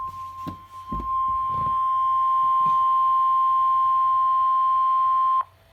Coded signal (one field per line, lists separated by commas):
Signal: Emergency Alert System (SAME) tones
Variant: 1050 Hz attention tone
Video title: EAS 109 KIH35 RWT